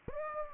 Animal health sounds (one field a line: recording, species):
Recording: mosquito wingbeat signal from an infrared sensor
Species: Aedes aegypti